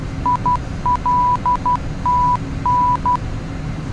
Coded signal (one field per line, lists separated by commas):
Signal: Morse code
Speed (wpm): 12 wpm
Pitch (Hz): 990 Hz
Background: none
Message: ILTN